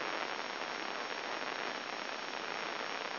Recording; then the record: brain microelectrode recording played as sound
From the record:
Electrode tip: inside the subthalamic nucleus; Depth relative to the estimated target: 1 mm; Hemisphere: left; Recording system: AlphaMap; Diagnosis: Parkinson's disease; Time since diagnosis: 7 years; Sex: male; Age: 59 years